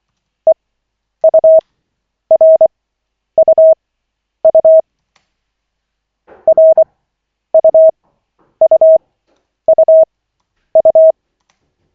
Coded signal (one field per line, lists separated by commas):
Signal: Morse code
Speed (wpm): 24 wpm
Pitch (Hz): 640 Hz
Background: none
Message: EURUU RUUUU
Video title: Koch 5/40, 25.12.2024, 2nd CW practice session